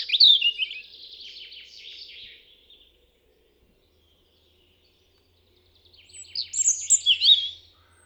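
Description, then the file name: European robin delivering two high, tinkling phrases of rapid trills and wavering whistles, separated by about three seconds of silence. "Erithacus rubecula"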